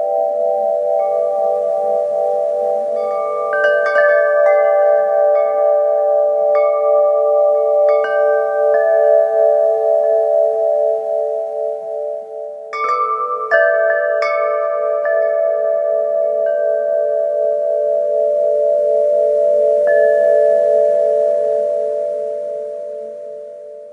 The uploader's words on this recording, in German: Tauche ein in die harmonischen Töne, die der Wind durch die feinen Schwingungen der Windspiele erzeugt. Zauberhaften Melodie der Metall- oder Holzröhren.